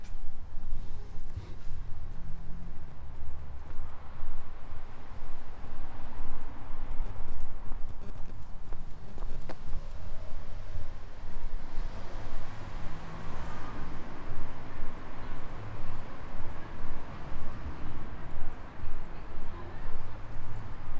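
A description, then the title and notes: Street sounds on Nefelejcs street form a dense, unbroken wash with a steady low rumble underneath. Quick, irregular taps and clicks, like hooves or footsteps, run through the whole recording, with murmuring voices mixed into the din. Nefelejcs street.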